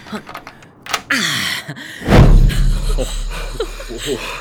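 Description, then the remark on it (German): A door is unlocked and opened: a few sharp clicks of the lock, then a louder clunk as it swings, followed by a low rumbling hum, with faint voices underneath. “Schließ die Tür auf.”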